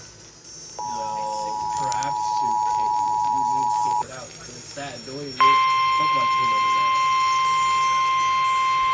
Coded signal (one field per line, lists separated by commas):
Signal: Emergency Alert System (SAME) tones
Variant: 853 and 960 Hz attention tone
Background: speech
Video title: severe thunderstorm warning on AM FM (eas 48) pt2